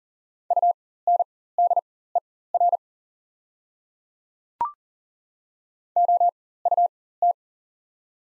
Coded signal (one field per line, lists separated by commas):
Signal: Morse code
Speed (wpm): 40 wpm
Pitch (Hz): 700 Hz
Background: none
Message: UNDER OUT